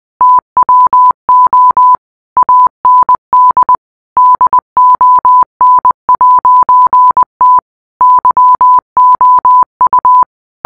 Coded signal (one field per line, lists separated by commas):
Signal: Morse code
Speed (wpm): 20 wpm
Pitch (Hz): 1000 Hz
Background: none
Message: TWO AND DON'T YOU